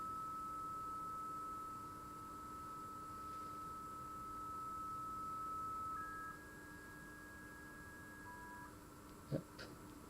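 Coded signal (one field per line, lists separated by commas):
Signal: 300-baud modem data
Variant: V.21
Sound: steady whistling tone, then a second higher tone joins it; both hold steady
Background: low hum, a click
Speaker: the 21 will be the last one yep got it and B we have a prompt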